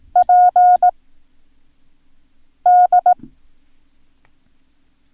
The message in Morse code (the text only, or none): PD